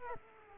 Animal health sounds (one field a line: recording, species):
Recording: mosquito wingbeat signal from an infrared sensor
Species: Culex quinquefasciatus